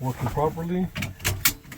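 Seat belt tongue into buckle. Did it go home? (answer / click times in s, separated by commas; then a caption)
yes / 1.5 s. A driver buckles the seat belt tongue into the buckle during an in-cab inspection, checking that the belt is in good shape and working properly. Someone talks, then a sharp click is heard at 1.5 s as the tongue latches and locks in place.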